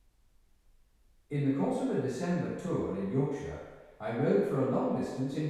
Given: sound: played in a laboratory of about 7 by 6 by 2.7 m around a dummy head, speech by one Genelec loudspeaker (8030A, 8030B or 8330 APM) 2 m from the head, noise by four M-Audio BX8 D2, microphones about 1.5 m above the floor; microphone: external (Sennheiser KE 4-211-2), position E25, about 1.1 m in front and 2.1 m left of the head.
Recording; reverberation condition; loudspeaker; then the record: male speech in English; high; 120 degrees to the left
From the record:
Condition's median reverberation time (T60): about 1300 ms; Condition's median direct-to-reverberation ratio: about -4.0 dB